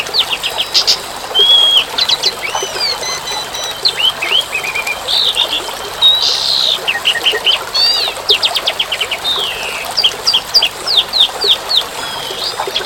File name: suara burung jalak suren dan tengah hujan